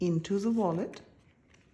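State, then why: Seated. Someone talks briefly, then a stack of cards pushed together into an aluminum RFID card wallet gives a faint, short click at about 1.6 s. The cards are seated in the wallet case.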